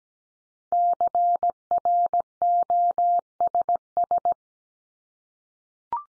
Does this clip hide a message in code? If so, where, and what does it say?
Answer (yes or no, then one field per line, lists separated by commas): yes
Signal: Morse code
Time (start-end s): 0.7-4.3 s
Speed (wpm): 17 wpm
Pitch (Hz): 700 Hz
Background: none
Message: CROSS